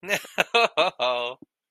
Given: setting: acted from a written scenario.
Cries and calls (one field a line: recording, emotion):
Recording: vocal sound without words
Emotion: amusement